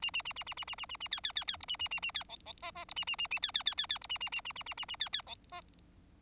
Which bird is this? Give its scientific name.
Lonchura striata domestica